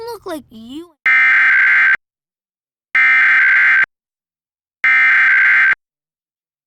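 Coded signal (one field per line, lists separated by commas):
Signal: Emergency Alert System (SAME) tones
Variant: header bursts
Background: speech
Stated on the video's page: Pennsylvania Required Monthly Test captured from an FM radio station and TV stations via an over-the-air DVR; one television capture was choppy.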